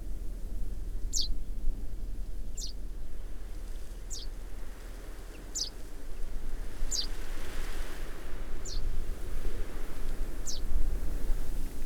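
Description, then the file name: Common chaffinch calls: short sharp high notes dropping in pitch, seven in all, over steady low rumbling background noise. "Fringilla coelebs"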